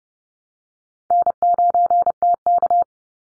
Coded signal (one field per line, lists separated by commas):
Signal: Morse code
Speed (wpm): 30 wpm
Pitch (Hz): 700 Hz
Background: none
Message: N9TK